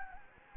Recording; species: mosquito wingbeat signal from an infrared sensor; Anopheles gambiae